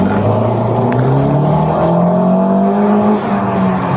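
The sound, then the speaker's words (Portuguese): A car engine roars loudly and steadily through a street race, its pitch climbing as it accelerates, with a second engine's drone layered underneath and no voices. “Isso aqui tava acelerando junto?”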